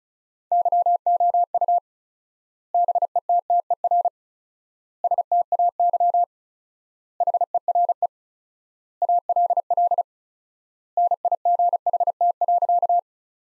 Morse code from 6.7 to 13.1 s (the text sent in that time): HERE ALL NIGHT.